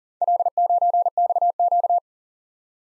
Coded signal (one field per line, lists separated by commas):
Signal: Morse code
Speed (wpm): 36 wpm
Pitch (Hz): 700 Hz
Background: none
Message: L9XQ